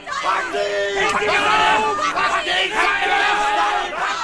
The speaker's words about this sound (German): Der Schrei setzt sich durch Straßen und Plätze fort.